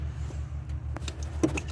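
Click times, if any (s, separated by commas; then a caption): 1.0 s, 1.1 s. On a 2007 Chevy Equinox, the locking clip on a plastic electrical connector on the engine harness at the top of the engine is lifted and the plug is pulled off to get it out of the way during a thermostat replacement. Sharp clicks come at 1.0 s and 1.1 s, followed by further small clicks and rattles over a steady low hum. The connector is released and unplugged.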